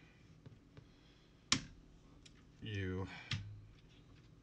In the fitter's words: see how that clicked in?